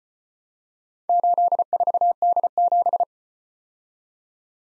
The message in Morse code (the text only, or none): 84D7